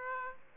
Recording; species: mosquito wingbeat signal from an infrared sensor; Aedes aegypti